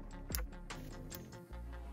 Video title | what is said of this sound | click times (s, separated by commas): ALL ALPINE LOOPS 2023 - Apple Watch Ultra 1&2 [BLUE, OLIVE, & INDIGO] | a very satisfying click right | 0.3 s